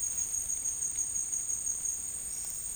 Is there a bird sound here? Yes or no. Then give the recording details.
yes. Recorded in dense forest near Puerto Asís, Putumayo, Colombia, on 22 June 2025 at 16:00. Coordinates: 0.503, -76.323. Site G059